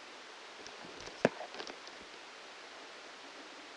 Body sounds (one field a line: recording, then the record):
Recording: brain microelectrode recording played as sound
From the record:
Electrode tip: outside the subthalamic nucleus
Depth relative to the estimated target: -5 mm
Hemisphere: right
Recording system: NeuroSet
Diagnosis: Parkinson's disease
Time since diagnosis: 13 years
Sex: male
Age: 65 years